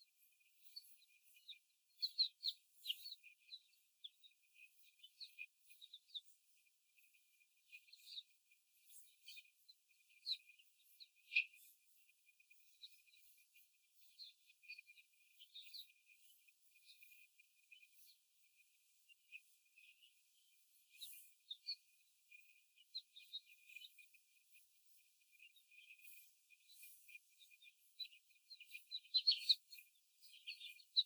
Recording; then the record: young laying hens in a cage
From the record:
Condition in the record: before the stressor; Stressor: simulated dog barking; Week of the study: 4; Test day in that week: 1